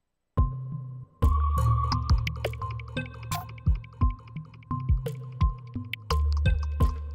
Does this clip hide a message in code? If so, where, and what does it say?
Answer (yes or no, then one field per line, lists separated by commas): no